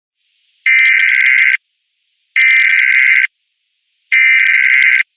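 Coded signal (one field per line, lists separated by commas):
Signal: Emergency Alert System (SAME) tones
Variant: header bursts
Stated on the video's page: Fictional emergency alert scenario that may or may not contain valid tones.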